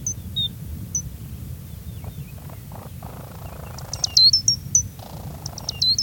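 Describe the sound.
Gray's lark with a few scattered thin whistles, then tight bursts of high, slurred tinkling notes near the end, with low rumbling noise throughout.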